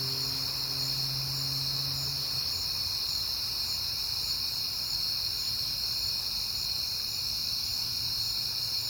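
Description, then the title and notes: Cricket chorus, a continuous shrill ringing; a low droning hum fades out after about two seconds. Crickets at night in September on a peaceful night, with cars passing. "Night Time: Crickets and Passing Cars. It is September and I have been hearing the crickets a lot, but finally had a peaceful night to make the recording"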